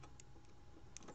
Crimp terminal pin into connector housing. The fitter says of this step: and put it back in the slot it snaps back in